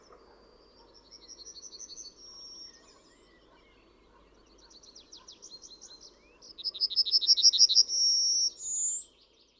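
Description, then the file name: Yellowhammer song heard three times: a fast run of repeated high buzzy notes, the last phrase ending in a long drawn-out note followed by a higher one. "Trznadel"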